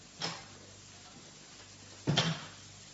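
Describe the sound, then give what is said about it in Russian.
Doors opening and closing: two bangs separated by a pause, a single muffled thump first, then a louder knock with a quick rattling double hit a couple of seconds later, against faint background noise. “Че это у тебя там все двери”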